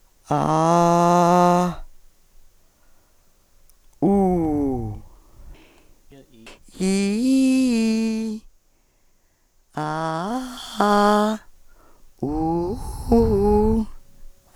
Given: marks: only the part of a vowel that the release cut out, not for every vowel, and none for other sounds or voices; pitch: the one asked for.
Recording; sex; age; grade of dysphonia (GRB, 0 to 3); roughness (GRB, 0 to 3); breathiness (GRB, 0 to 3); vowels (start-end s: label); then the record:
sustained vowels; female; 50 to 59 years; 2; 2; 1
0.53-1.45 s: vowel /a/, low pitch
4.07-4.70 s: vowel /u/, low pitch
6.89-8.07 s: vowel /i/, low-high-low pitch
9.83-11.20 s: vowel /a/, low-high-low pitch
12.30-13.70 s: vowel /u/, low-high-low pitch
From the record:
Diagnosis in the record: Reinke's edema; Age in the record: 53 years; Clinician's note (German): Beidseitig mäßiggradig mit funktioneller Komponente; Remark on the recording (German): die u's sind stark aspiriert (Auswirkung in NSP-Datei?!)